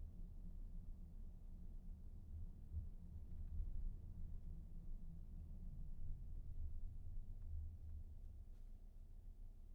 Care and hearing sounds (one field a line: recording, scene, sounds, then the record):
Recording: everyday scene through a hearing-aid microphone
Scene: in a vehicle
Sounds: engine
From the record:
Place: VW T5 Caravelle, diesel engine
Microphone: behind the ear, right, front